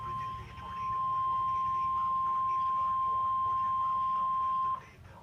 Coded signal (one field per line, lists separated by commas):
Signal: Emergency Alert System (SAME) tones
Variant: 1050 Hz attention tone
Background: speech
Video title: EAS #29/30 End of Tornado Warning Lincoln TN, Madison AL / Severe Thunderstorm Limestone, Madison AL